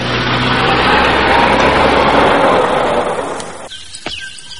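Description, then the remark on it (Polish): A vehicle engine revs hard and speeds up in a loud, rushing roar that holds for several seconds, then cuts off abruptly, leaving a few faint clicks and a thin high tone. “Proszę cię, dodaj gazu.”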